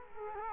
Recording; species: mosquito wingbeat signal from an infrared sensor; Culex quinquefasciatus